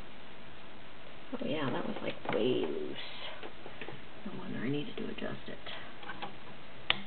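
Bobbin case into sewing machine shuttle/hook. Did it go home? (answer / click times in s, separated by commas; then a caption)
yes / 6.9 s. After its bottom tension screw is adjusted, the bobbin case is put back into the hook area of a Kenmore Model 1229 sewing machine while someone talks. A sharp, loud click at 6.9 s marks the bobbin case snapping into place, seated.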